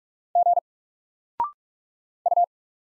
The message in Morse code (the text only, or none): G U